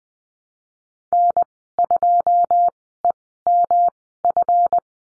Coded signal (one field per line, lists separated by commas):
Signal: Morse code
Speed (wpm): 20 wpm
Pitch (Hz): 700 Hz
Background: none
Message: N2EMF